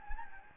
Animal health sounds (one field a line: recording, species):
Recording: mosquito wingbeat signal from an infrared sensor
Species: Anopheles gambiae